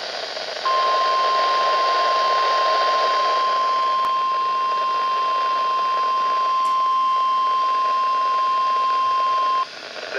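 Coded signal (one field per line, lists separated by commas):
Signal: Emergency Alert System (SAME) tones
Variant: 1050 Hz attention tone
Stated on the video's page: Severe thunderstorm warning received from a NOAA Weather Radio station.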